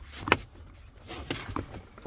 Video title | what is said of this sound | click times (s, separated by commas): Weak air flow from dash vents on your car-VERY EASY FIX!- Cabin air filter Ford Explorer 2011-2019 | also make sure it clicks make sure it's properly locked and closed | 0.3 s